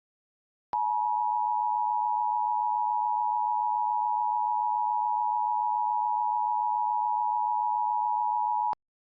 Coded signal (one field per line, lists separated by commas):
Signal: Emergency Alert System (SAME) tones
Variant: 853 and 960 Hz attention tone